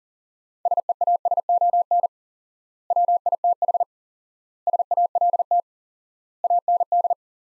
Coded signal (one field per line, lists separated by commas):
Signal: Morse code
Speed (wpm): 40 wpm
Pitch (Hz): 700 Hz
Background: none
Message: SEASON WITH SALT AND